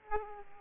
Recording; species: mosquito wingbeat signal from an infrared sensor; Aedes aegypti